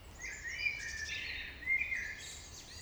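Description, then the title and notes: Common blackbird singing warbled phrases with thin, high twittering, over a soft low rumble. Early evening in April 2019, Traouïero valley, Trégastel, France; one blackbird singing with other birds; recorded with MKH 8040 microphones in an ORTF pair, MixPre-D and Zoom H5 recorders. "Vallée des Traouiero, Trégastel, France - Blackbird song [Valley Traouïero]. yponomeutaneko"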